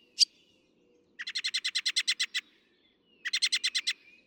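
Northern mockingbird song: one sharp high note, then a rapid run of many identical chips, a pause, and a second quick repeated series.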